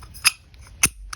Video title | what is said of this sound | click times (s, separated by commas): DIABLO- 4 in. Bi-Metal Hole Saw with SnapLock Plus Mandrel System - Review & Demo | see snaps right in | 0.8 s